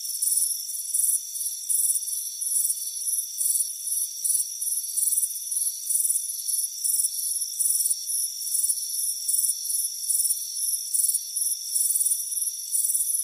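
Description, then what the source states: Continuous cricket chorus: bright chirp pulses recurring quickly and steadily over a persistent high-pitched hum. Crickets chirping on a warm afternoon on a front porch.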